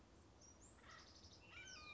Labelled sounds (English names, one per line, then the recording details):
Acorn Woodpecker
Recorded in Sonoma County, California